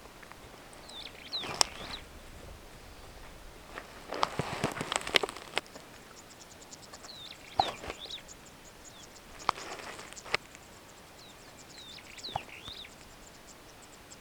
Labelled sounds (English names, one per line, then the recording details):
Superb Starling flight call
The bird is a female
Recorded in Kenya on 5 July 2010
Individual 91, of group SRB1